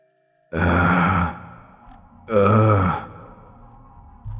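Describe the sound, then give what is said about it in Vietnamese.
Two long, loud, heavy breaths, each a rasping inhale-exhale lasting under a second, separated by a short pause, with a third breath just beginning at the end; no talking. “Cái tiếng thở càng ngày càng rõ ràng hơn.”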